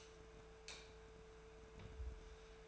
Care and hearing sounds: daily activity, microphone in the room; light off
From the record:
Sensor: 2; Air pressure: 1014.7 hPa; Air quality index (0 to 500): 187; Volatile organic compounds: 15 ppm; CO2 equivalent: 2480 ppm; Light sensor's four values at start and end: 32/84/36/38 and 27/67/29/32

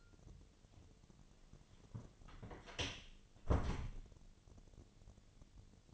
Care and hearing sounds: daily activity, microphone in the room; close door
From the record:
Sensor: 4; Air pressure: 1008.4 hPa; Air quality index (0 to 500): 174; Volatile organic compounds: 5 ppm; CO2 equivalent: 1740 ppm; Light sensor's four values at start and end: 23/72/27/26 and 25/79/30/29

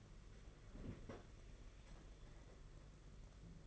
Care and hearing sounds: daily activity, microphone in the room; open fridge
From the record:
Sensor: 4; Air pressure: 992.6 hPa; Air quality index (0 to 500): 167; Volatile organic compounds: 230 ppm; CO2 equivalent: 4306 ppm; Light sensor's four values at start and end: 19/67/25/25 and 19/67/25/25

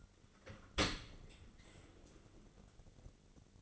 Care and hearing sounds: daily activity, microphone in the room; open dishwasher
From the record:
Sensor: 4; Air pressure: 1003.9 hPa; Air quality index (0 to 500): 153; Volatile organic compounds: 2 ppm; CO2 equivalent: 1088 ppm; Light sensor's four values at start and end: 28/67/28/30 and 29/69/29/31

